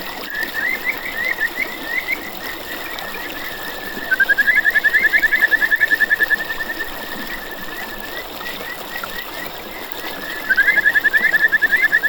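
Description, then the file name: Kajika frog giving repeated rapid pulsed trills, a loud burst at four seconds and another near ten seconds, with quieter trilling between against steady hiss. "buergeri"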